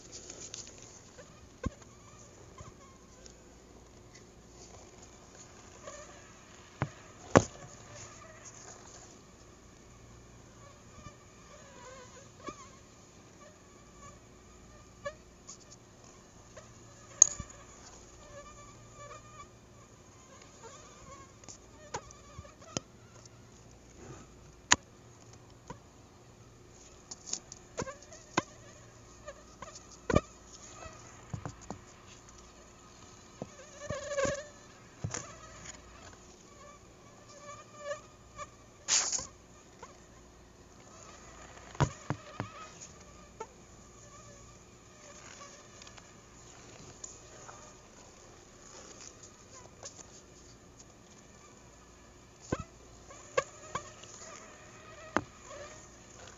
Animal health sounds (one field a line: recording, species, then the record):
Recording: mosquito flight sound by mobile phone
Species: Anopheles gambiae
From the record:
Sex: female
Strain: Akron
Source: CDC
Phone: Google Nexus